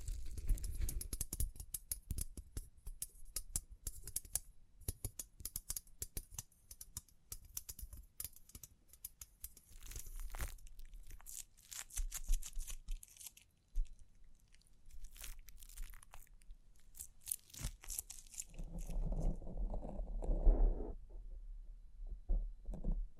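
Close, busy handling sounds: quick taps and scratches with crisp crinkling and brushing strokes, arriving in dense irregular bursts. The texture thins out after the midpoint. Near the end comes a fuller, lower rubbing passage and a sharp knock around twenty seconds.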